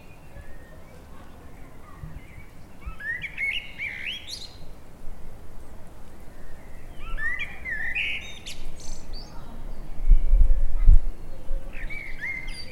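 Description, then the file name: Common blackbird song: three mellow warbled phrases, each rising into high scratchy twitters, separated by pauses of a few seconds, over steady low noise. "Turdus merula"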